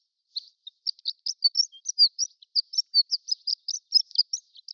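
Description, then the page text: Horned lark twittering, a steady stream of high, sweet chips and short slurred notes against silence. Prairie subspecies of horned lark, giving extended twittering. "Prairie Horned Lark Extended Twittering. Quick Sounds library"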